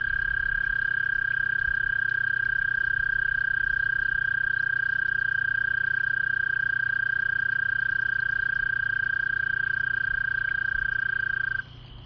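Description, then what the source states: Frog giving one long, steady, even-pitched trill, held unbroken for about eleven seconds before stopping abruptly, over a low constant hum. First frog of 2017.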